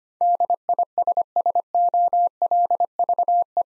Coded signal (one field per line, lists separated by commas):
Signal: Morse code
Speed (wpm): 25 wpm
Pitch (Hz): 700 Hz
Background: none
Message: DISSOLVE